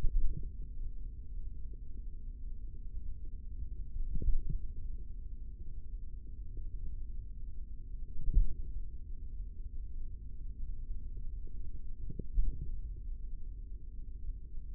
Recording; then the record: forearm muscle sounds (acoustic myography)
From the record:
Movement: tripod grip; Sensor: system 3, bracelet of six PUI Audio POM-2738L microphones around the upper forearm, with dedicated amplification and filtering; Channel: 5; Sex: male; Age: 43 years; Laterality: right